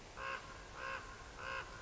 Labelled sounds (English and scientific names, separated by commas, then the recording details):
Common Raven (Corvus corax)
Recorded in Sonoma County, California